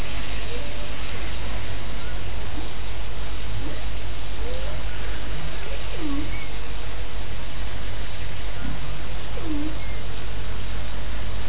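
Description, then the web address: Whale vocalizations: scattered low tonal moans and swooping down-up whoops recur over a constant heavy rumble of boat engine noise. Whale recorded together with boat noise off Antigua. "CARIMAM online sound boat noise with whale antigua"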